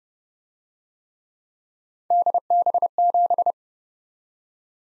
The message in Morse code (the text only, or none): DB7